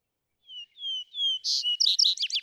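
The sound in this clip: Vesper sparrow gives three clear, slightly falling whistles, then a buzzy note and quick, varied twittering trills; nothing else audible.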